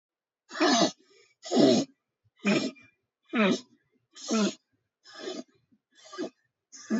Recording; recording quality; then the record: shallow breathing; excellent, no background noise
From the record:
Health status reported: healthy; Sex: female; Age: 24 years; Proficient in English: yes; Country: India